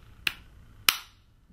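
A mounting plate with four hooks is put into the wide part of a T-shaped cradle slot and slid up until it locks. Two sharp clicks sound at 0.3 s and 0.9 s, each ringing briefly before fading into quiet. The plate is locked into the cradle.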